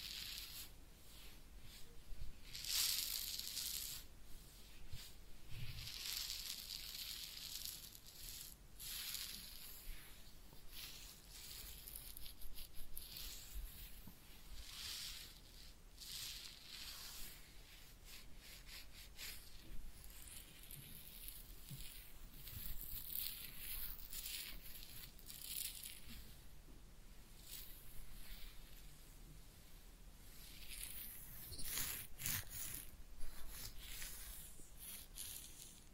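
A head massage with ear cleaning, heard as a steady stream of crisp, hissing scratches and rustles that shift constantly in density. Sharper, louder bursts of rubbing come near the start and again around the thirty-second mark, with little low sound underneath.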